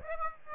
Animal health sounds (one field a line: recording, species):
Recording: mosquito wingbeat signal from an infrared sensor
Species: Aedes aegypti